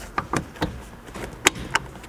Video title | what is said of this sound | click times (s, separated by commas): Ranger Roof Rack Install | and then that snaps back in | 1.5 s